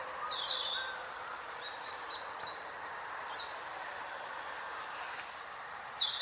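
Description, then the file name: European robin calling: high, thin, twittering phrases at the start, a few fainter notes in the middle and another bright burst at the end, over a constant broad background hiss. "Erithacus rubecula"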